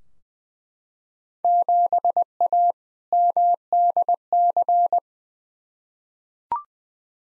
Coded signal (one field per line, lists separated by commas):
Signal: Morse code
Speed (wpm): 20 wpm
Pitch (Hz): 700 Hz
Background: none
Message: 7A MDC